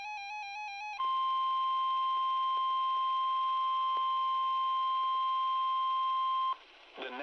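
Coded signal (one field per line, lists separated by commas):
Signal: Emergency Alert System (SAME) tones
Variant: 1050 Hz attention tone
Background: music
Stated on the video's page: Severe Thunderstorm Warning from weather radio transmitter WXJ87, Madison, Wisconsin.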